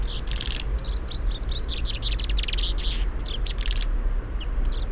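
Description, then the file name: Common chaffinch calls: a dense run of short, sharp high chirps, many overlapping and repeated rapidly throughout, over a steady low rumble. "Fringilla coelebs"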